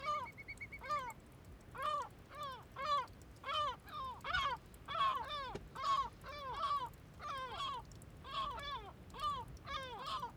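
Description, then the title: Gulls calling, loud harsh downslurred mewing cries repeated in quick succession, with little background noise. Calm gulls flying in a 'ballet' over Bøur, Faroe Islands; recorded in ORTF stereo. "Ballet de mouettes, calmes, 3HWW+78 Bøur, Îles Féroé - Ballet de mouettes, calmes. Ballet de mouettes en vol Féroé"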